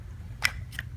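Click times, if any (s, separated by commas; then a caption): 0.4 s. A male quick connect plug is pushed into a female garden-hose-style quick connect coupling on a water fed pole hose, with a little plumber's grease on the inside for an easy click in and a watertight seal. A sharp click at 0.4 seconds shows it seating, followed by a quieter click at 0.8 seconds. The fitting is seated.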